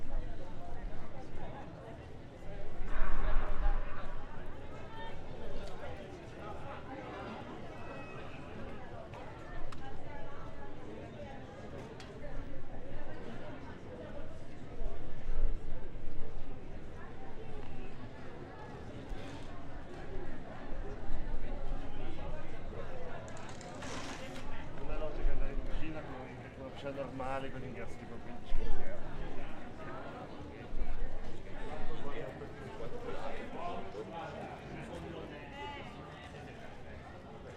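A busy town square fills with the steady chatter of passers-by, many voices overlapping. Footsteps and brief clattering knocks come and go, with a louder burst of activity around twenty-four seconds over a constant low outdoor rumble.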